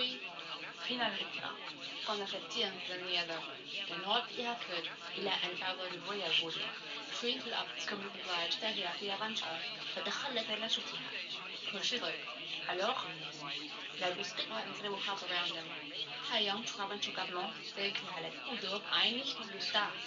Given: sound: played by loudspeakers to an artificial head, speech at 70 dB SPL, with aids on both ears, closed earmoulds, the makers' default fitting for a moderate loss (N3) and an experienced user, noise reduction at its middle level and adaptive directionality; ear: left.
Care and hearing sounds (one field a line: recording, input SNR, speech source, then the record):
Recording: speech test signal (ISTS) in cocktail-party noise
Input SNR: +6 dB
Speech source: on the right (90 degrees)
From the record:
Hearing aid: class 1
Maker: G